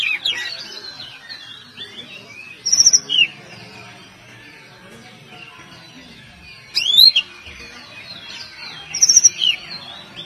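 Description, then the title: Oriental magpie-robin singing loud whistled phrases with sharp upward and downward sweeps, in several bursts a few seconds apart, against constant faint twittering of other birds. "Kacer"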